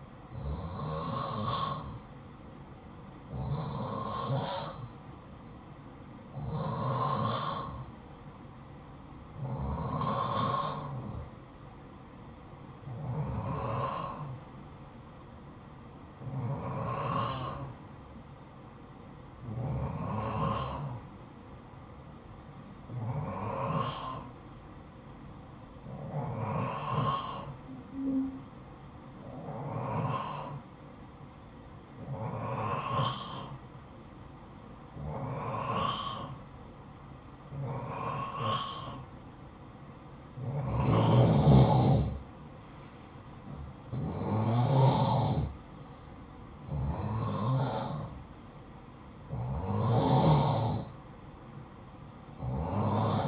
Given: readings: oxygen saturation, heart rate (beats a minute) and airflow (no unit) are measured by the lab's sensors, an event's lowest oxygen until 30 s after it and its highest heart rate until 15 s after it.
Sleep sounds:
breathing in sleep by a smartphone at the bedside; 1
8.00-41.60 s: hypopnea (N1, oxygen 92% highest, then 89% lowest, heart rate 55 at the start, 64 highest)
From the record:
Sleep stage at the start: N1 (lightest sleep); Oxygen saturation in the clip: 90 to 92%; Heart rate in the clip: 54 to 64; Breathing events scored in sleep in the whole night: 573 in 9.8 hours asleep

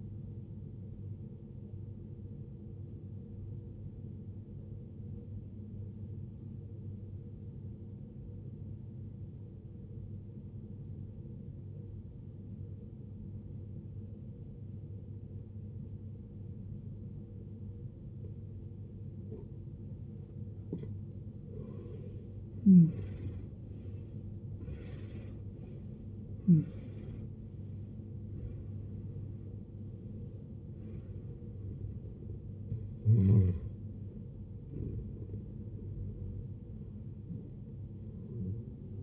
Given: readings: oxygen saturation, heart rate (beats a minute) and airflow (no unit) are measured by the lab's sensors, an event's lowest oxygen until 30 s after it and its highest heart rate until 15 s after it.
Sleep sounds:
breathing in sleep by a smartphone at the bedside; 1
3.00-22.30 s: obstructive apnea (N2, oxygen 93% highest, then 78% lowest, heart rate 62 at the start, 83 highest)
24.00-39.03 s: new sleep stage, N1 (lightest sleep)
From the record:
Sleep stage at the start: N2 (light sleep); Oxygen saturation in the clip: 80 to 93%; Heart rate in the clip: 51 to 83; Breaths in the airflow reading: 7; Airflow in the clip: -19.1 to 20.0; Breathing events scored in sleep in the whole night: 389 in 6.3 hours asleep

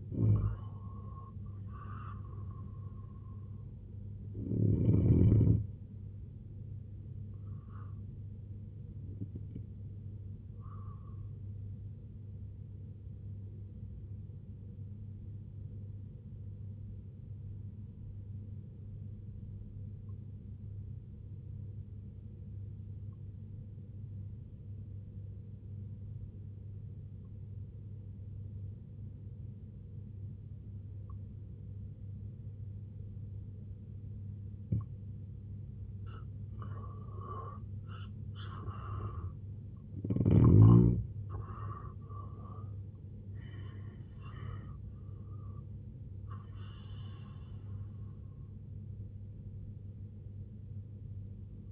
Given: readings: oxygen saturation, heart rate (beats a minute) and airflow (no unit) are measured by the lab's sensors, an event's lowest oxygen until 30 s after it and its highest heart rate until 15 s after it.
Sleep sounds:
breathing in sleep by a smartphone at the bedside; 1
18.00-33.20 s: obstructive apnea (N2, oxygen 95% highest, then 85% lowest, heart rate 66 at the start, 92 highest)
35.00-51.72 s: new sleep stage, N1 (lightest sleep)
From the record:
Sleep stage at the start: N2 (light sleep); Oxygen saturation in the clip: 87 to 95%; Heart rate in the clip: 61 to 92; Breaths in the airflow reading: 7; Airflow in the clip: -6.8 to 5.3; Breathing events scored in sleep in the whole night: 258 in 7.4 hours asleep

